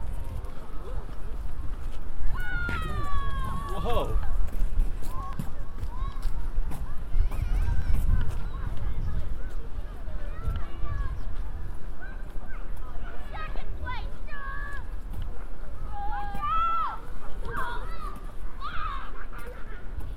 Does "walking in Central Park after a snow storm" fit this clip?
yes